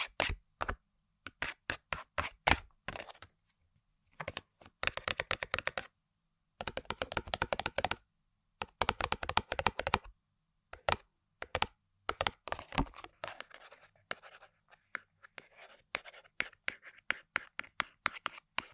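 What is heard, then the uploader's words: Crisp tapping and scratching on objects, coming in quick bursts of sharp clicks separated by brief silences. The sounds are bright and dry, like fingernails rapidly tapping and scraping hard surfaces, with a denser, rougher scratching stretch near the end. ASMR Tapping & Scratching On Random Objects (No Talking).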